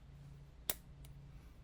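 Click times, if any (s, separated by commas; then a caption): 0.7 s. A hex bit is pushed back into the quick-release chuck of a Dong Cheng 20V brushless impact driver and seats with a loud, sharp click at 0.7 s. A fainter click follows at about 1.1 s over a low steady hum, and the bit is locked in place.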